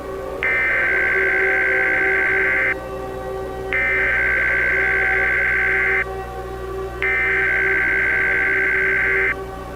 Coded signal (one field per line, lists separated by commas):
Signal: Emergency Alert System (SAME) tones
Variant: header bursts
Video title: EAS Scenario #6 The Red Flash (Remastered) in collaboration with @HiatusUntilDecember1st